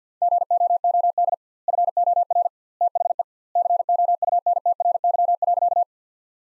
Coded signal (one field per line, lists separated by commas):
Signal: Morse code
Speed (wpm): 50 wpm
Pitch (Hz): 700 Hz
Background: none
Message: GOOD FOR THE COUNTRY.